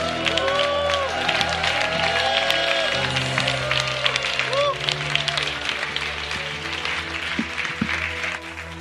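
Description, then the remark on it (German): An audience at a church gathering claps loudly and steadily for about nine seconds, giving applause to Jesus, with cheering voices and sustained tonal sounds mixed into the dense wash of applause, easing slightly toward the end. “Wollen wir Jesus mal einen kräftigen Applaus geben?”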